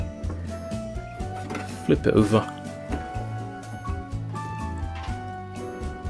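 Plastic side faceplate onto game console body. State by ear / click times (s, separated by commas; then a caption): not seated / none. Someone talks over background music as a PS5 console is flipped over and its black plastic side faceplate is brought over and turned to the right orientation, with a burst of louder handling noise around 1.9–2.4 s. Nothing has clicked or seated yet; the faceplate is still being positioned before fitting.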